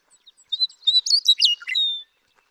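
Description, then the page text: Western meadowlark song: a quick jumble of bright, gurgling notes that ends in a long, clear whistle. Male singing in Sierra Valley, eastern California, in 2018. "Birdsong for the Curious Naturalist. The joy of western meadowlark songs. Sierra Valley in eastern California"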